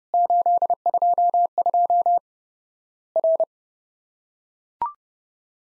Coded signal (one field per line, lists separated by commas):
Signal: Morse code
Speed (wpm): 30 wpm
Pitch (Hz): 700 Hz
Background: none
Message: 822 R